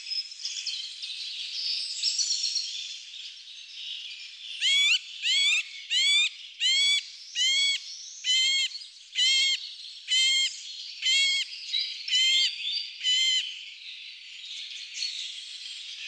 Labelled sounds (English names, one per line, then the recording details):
Middle Spotted Woodpecker song
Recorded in the wild
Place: Lilienhof / Kaiserstuhl, Baden-Württemberg, DE
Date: 1999-04-03
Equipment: MiniDisc Sony MZ-R35, Telinga DAT, Telinga-Parabolspiegel
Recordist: Schwarz, Dieter